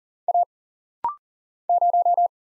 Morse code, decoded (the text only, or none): A 0